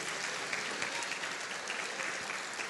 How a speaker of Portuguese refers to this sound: Você pode aplaudir o Senhor, dando glórias ao nome dele?